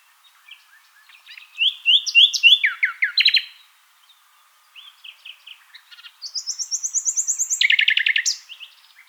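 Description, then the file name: Common nightingale delivering two phrases: a burst of rapid repeated notes ending in a descending flourish, a pause, then a long, fast, metallic trill. "Luscinia megarhynchos"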